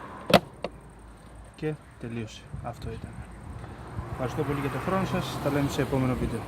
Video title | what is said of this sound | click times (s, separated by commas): Toyota Yaris 1.3 2008 Αλλαγή Φίλτρου Αέρα(Air Filter Replacement) | κουμπώνεις και τελείωσε. | 0.3 s, 0.6 s